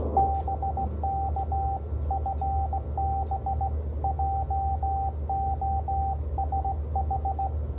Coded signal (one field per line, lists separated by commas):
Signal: Morse code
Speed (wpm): 17 wpm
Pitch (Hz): 780 Hz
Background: radio noise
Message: BK FB JOSH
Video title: KH1 CW Decode Test